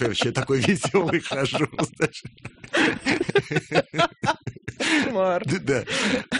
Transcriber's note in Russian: смеются